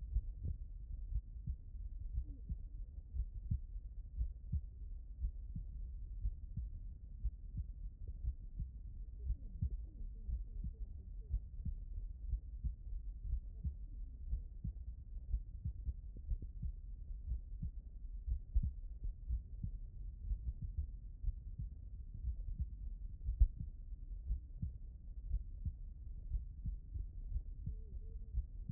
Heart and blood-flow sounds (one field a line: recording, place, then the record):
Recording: heart sounds by stethoscope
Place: aortic valve (AV)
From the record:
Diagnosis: non-HFrEF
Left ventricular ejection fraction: 63%